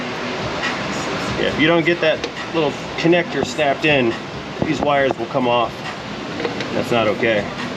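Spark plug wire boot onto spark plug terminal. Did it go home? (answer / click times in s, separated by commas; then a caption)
no / none. Someone talks over a steady background hum while handling the rubber spark plug wire boot at the spark plug terminal of an OBS Ford F150 5.0, after a failed try where the boot pushed itself back off. Nothing has seated or clicked yet; the boot is not yet home on the plug when the clip ends.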